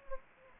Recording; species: mosquito wingbeat signal from an infrared sensor; Anopheles gambiae